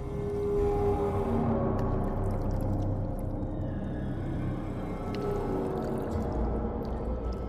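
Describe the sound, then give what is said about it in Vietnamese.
Waves wash steadily against a long sandy shore along Pham Van Dong street in Nha Trang, Vietnam, in a continuous low, rushing roar that holds an even loudness, with faint tonal hums drifting underneath and no one speaking. “Tiếng sóng rì rào vỗ vào bờ cát trải dài theo dọc đường Phạm Văn Đồng.”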